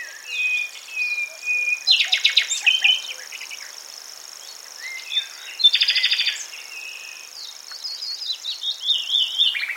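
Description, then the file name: Common nightingale song of varied phrases with buzzy pulsed trills and short whistles, separated by pauses, over a steady high insect-like hum. "Luscinia megarhynchos"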